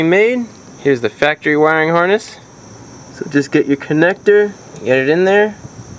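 Someone talks while a plastic wiring connector for an auxiliary reverse light is handled and guided toward the factory wiring harness, with a steady high-pitched tone in the background. The connector has not yet been pushed all the way in, so nothing has seated or clicked yet.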